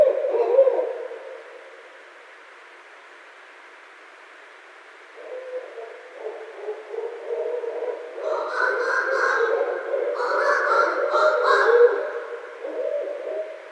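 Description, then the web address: Barred owl calls: a low hoot opens, then after a pause a long run of loud, wavering, caterwauling notes with harsh upper tones builds over several seconds. Recorded 17 February 2012. "Barred Owl 2012 02 17"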